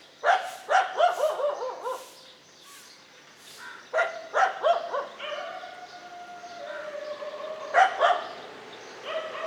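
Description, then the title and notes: Dog barks in quick clusters, with a steady tonal hum between bouts and a final burst of barking near the end. Several dogs barking together, a dog concert, in morning street ambience on Mission Street, MG Road Area, Puducherry, India. "WRMJ+487, Mission St, MG Road Area, Puducherry, 605001, Inde - Concert de chiens. Ambiance matinale sur Mission Street - Concert de chiens. Prise de sons : JF CAVRO"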